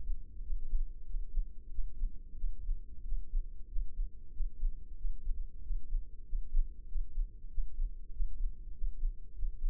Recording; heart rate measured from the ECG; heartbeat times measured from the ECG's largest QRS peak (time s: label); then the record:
heart sounds by microphone in the left ear; 94 bpm
0.44 s: heartbeat
1.07 s: heartbeat
1.72 s: heartbeat
2.37 s: heartbeat
3.06 s: heartbeat
3.70 s: heartbeat
4.34 s: heartbeat
4.98 s: heartbeat
5.64 s: heartbeat
6.26 s: heartbeat
6.89 s: heartbeat
7.51 s: heartbeat
8.14 s: heartbeat
8.75 s: heartbeat
9.36 s: heartbeat
From the record:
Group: healthy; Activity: rest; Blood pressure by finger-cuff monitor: 162/81 mmHg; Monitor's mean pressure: 103 mmHg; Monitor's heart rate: 93 bpm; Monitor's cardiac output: 8.3 L/min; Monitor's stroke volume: 90 mL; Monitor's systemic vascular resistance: 950 dyn s/cm5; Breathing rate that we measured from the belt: 22 breaths a minute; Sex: male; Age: 21 years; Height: 175 cm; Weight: 72.6 kg